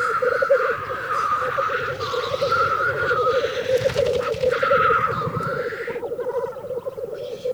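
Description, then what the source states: Black grouse, steady rolling bubbling coos, with hoarse hissing notes overlapping. Field recording from Finland, released on cassette in 1988 in a countryside birds collection; Finnish name teeri.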